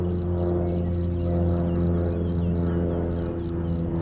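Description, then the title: Cricket giving loud, steady chirps about four per second, each a crisp high pulse, over a constant low hum. Single cricket, among the first crickets of the season, heard intermittently for a few days, Chindrieux, France. "Chindrieux, France - grillon seul"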